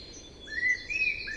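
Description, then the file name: Common blackbird producing a brief clear whistle that rises and then levels off, followed by a second whistled note, over faint background hiss. "Turdus merula"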